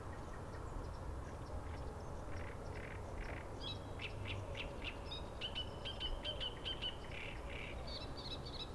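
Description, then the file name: Great reed warbler singing a faint phrase of scratchy notes leading into a quick series of repeated high notes, set against a constant low rushing background noise. "Acrocephalus arundinaceus - Great Reed Warbler"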